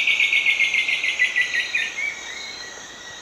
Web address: Natures Songs S America Eastern Lowlands - Xiphorhynchus elegans, song